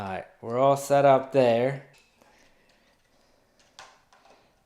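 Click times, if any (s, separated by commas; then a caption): 3.8 s. Someone talks for the first two seconds, then a few faint handling sounds follow as the battery tray, loaded with batteries, is pushed back into the housing of a 2020 Browning Recon Force 4K Edge trail camera. The tray snaps into place with a sharp click at 3.8 s, followed by a couple of softer taps.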